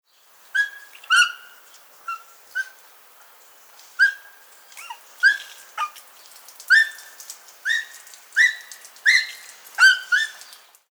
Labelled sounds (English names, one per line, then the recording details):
Bonobo
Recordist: Tembrock, Günter
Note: Rufe eines Weibchens